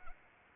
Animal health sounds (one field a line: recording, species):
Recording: mosquito wingbeat signal from an infrared sensor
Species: Anopheles arabiensis